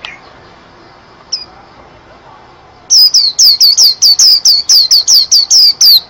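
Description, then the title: Oriental magpie-robin song: a few faint notes, then from midway a loud, fast run of sharp, downslurred whistled notes, several each second. "Kicau Kacer Durasi Panjang 1jam Lebih"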